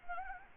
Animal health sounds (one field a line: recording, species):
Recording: mosquito wingbeat signal from an infrared sensor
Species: Anopheles gambiae